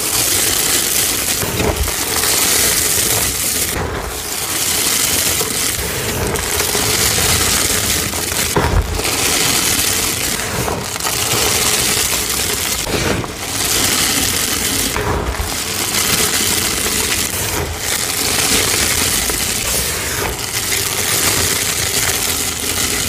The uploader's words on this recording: Pouring Zote flakes, crushing dusty Zote gym chalk reforms, super dusty powder play. Zote Flakes Dump, ASMR Gym Chalk Reforms + Dusty Powder.